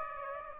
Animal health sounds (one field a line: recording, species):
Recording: mosquito wingbeat signal from an infrared sensor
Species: Aedes aegypti